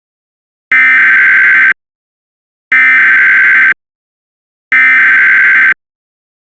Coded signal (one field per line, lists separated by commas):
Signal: Emergency Alert System (SAME) tones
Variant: header bursts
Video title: El Lobo Negro and the River - an EAS Scenario/Audio Drama